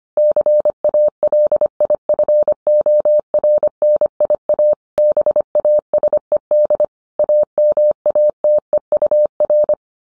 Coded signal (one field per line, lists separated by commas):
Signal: Morse code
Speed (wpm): 25 wpm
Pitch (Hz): 600 Hz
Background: none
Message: CALIFORNIA BASED AMATEUR